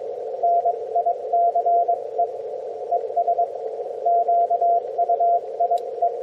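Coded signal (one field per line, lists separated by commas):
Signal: Morse code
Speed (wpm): 21 wpm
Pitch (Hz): 690 Hz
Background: radio noise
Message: NICE ES QUIE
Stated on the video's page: Heard on a homebrew LowFER mobile receiver with an active whip antenna, mobile, on a cold, quiet band.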